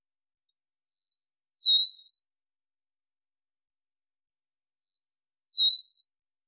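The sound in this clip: Eastern meadowlark sings the same clear whistled phrase twice, about four seconds apart, each sliding down through several slurred notes to a lower ending.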